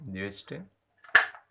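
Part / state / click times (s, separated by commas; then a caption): plastic top cover onto electric iron body / seated / 1.1 s. The plastic top cover of an electric clothes iron is placed onto the iron body and pressed down until its lock catches. Someone talks at the start, then a sharp snap at 1.2 s as the cover locks in place, leaving it seated and locked.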